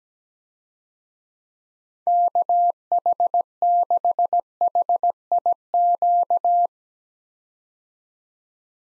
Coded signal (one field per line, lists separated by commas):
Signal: Morse code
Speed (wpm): 17 wpm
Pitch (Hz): 700 Hz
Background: none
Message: KH6HIQ